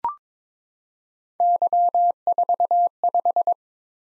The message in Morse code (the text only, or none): Y45